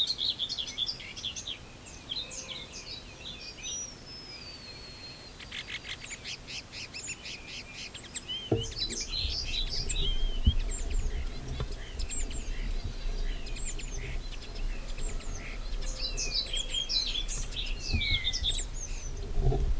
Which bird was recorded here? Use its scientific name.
Sturnus vulgaris